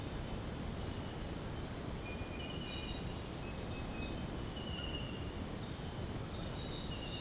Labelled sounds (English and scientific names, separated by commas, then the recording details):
none
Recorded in dense forest near Puerto Asís, Putumayo, Colombia, on 21 February 2024 at 05:30
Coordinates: 0.486, -76.316
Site G6437